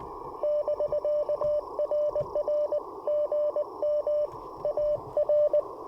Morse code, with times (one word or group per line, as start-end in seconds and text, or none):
0.4-2.8 <BK>RR
3.1-4.3 GM
4.7-5.6 AR